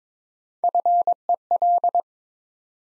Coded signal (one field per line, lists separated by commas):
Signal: Morse code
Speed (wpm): 22 wpm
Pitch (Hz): 700 Hz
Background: none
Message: FEL